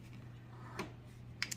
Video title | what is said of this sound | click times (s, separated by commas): A New Kitchen Gadget ~ Sincreative CM5700 Espresso Machine Review. Is it Worth it? | and that locks into place yes | 1.4 s, 1.5 s